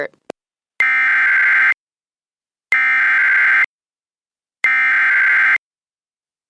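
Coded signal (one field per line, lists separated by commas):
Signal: Emergency Alert System (SAME) tones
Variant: header bursts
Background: speech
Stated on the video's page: Real EAS alerts for the East Palestine, Ohio train derailment.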